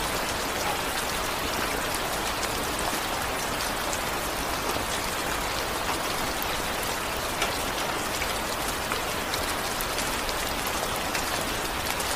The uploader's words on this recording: The sound of rain.